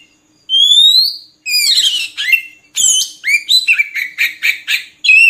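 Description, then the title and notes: Oriental magpie-robin song: a long rising whistle, then a fast run of varied whistled and scratchy phrases with short pauses between bursts. Long-duration song used to train kept birds to sing actively, day and night. "Kacer Jadi Gacor Siang Malam. Isian Kacer Durasi Panjang"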